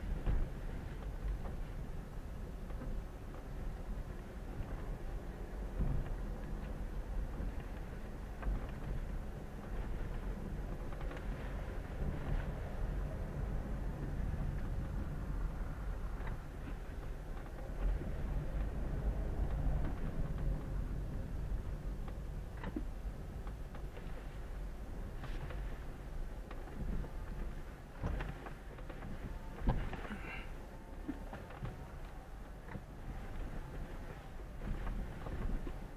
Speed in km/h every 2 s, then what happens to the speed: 8, 7, 7, 9, 8, 9, 11, 11, 6, 11, 12, 7, 6, 6, 5, 5, 5, 5.
0-20 steady at about 9. 20-23 slows to 6. 23-36 steady at about 5.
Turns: none.